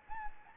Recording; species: mosquito wingbeat signal from an infrared sensor; Anopheles gambiae